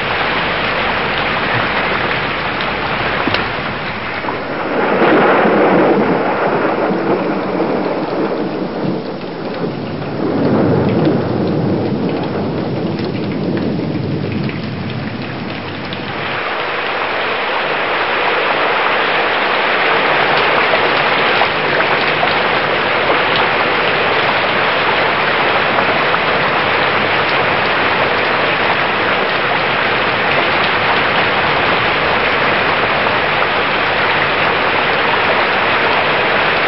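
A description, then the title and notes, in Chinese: Moderate rain heard from indoors, a dense, even hiss throughout. Over the first fifteen seconds, deeper rolling swells rise and fade around five and ten seconds, like thunder. After about sixteen seconds the rain settles into a steady, slightly louder wash. 大自然的声音_屋内听中雨。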